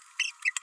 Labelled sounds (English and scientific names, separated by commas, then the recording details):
Green-rumped Parrotlet (Forpus passerinus) babbling
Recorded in a nest box in Venezuela
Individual 18B104A5